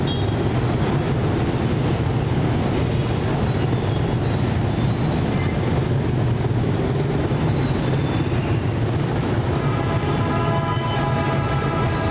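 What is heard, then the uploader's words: A traffic jam in Saigon rumbles on as a dense, steady mass of idling and creeping engines, heavy in the low end. Short tonal horn beeps rise above it now and then, with a longer, stacked horn tone near the end. Traffic jam in Saigon/HCMC.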